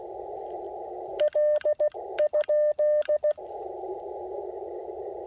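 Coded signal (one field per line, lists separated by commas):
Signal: Morse code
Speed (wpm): 16 wpm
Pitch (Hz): 590 Hz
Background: radio noise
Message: L?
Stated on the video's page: Real-time, unedited CW Parks On The Air activation calling CQ and working stations, using an Icom IC-705 with an Elecraft T1 tuner and a CHA Emcomm III Portable antenna.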